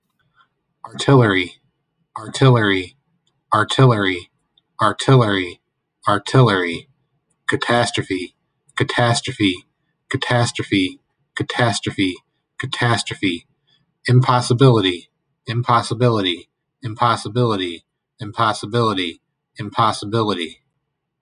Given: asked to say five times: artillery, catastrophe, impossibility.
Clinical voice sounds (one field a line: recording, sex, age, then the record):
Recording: three words, each repeated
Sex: male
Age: 40 to 49 years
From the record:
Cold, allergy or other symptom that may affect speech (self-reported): no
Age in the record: 43 years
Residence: Ohio, United States